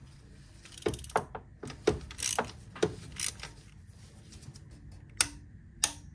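A torque wrench is worked with two hands on an unnamed fastener of a VW T5 van during a service, with a series of ratchet-like mechanical clicks and scrapes through the first few seconds. Two sharp, loud clicks at 5.2 s and 5.8 s show the wrench clicking at its torque setting.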